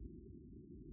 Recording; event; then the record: neck accelerometer signal played as sound; no cough (speech, laughter, throat clearing or background)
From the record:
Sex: male